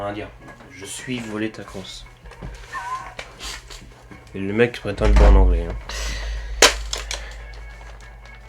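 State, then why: Seated. A shoulder stock is pushed onto the back of a toy foam blaster and clips into place with a sharp plastic snap at 6.6 seconds. Someone talks over background music before the snap, and a few lighter clicks follow.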